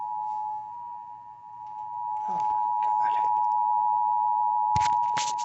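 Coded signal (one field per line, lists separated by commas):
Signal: Emergency Alert System (SAME) tones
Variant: 853 and 960 Hz attention tone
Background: speech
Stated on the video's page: Broadcast on FM radio station 90.7.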